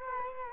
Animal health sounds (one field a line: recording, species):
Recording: mosquito wingbeat signal from an infrared sensor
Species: Culex quinquefasciatus